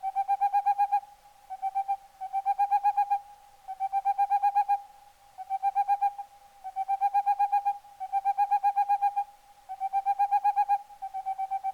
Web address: CIvetta capogrosso